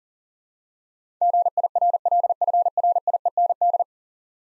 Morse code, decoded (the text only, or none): GIRLFRIEND